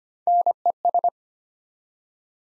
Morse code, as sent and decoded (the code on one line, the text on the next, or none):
-. . ...
NES